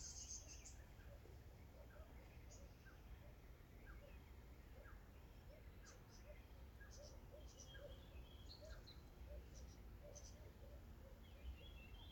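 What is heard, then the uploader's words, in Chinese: Ambient sound of a quiet mountain forest, with a steady low rumble underneath throughout. Small bird chirps and high insect ticks come scattered every second or so, with brief bright trills near the start and in the second half. 懶山林環境音。早晨。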